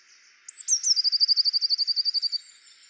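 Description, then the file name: Eurasian blue tit song: a high thin introductory note followed by a fast, even trill of many notes lasting under two seconds. "Cyanistes caeruleus"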